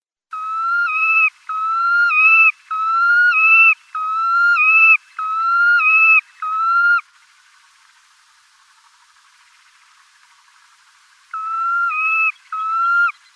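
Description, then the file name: Red knot giving clear, drawn-out whistled notes that dip slightly at the end, repeated steadily about once a second, then a pause before two more. "Pesochnik islandskij"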